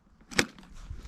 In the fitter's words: Simply slide on, clicks into place.